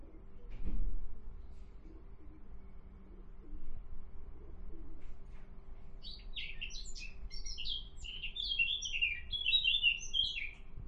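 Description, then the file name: Eurasian blackcap song after a quiet stretch that opens with a low thump, then a fast jumble of scratchy and fluty notes building to the end. "Sylvia atricapilla"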